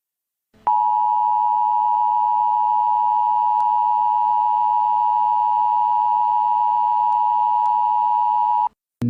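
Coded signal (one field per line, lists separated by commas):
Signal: Emergency Alert System (SAME) tones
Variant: 853 and 960 Hz attention tone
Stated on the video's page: Fictional scenario.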